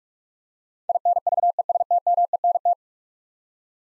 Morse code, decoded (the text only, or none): INVESTMENT